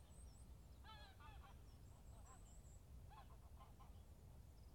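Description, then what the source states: Goose: geese calling with a few scattered nasal honks, two near the start and a short series later, over a steady low background rumble. Recorded at Bonaly Country Park.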